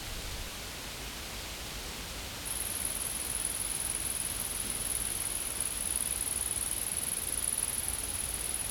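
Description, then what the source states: Insects start a loud high-pitched continuous buzz about two and a half seconds in, continuing steadily to the end over low rumble. Insects recorded in a field.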